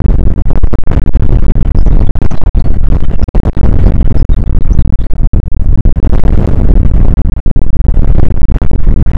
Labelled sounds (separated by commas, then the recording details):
wind
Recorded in the Prudhoe Bay oil fields, Alaska, on 29 May 2019 at 00:06
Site 25